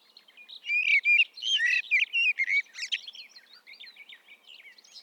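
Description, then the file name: Common blackbird pouring out a tumbling run of warbled, fluty notes and squeaky twitters that fades into softer chatter. "Turdus merula"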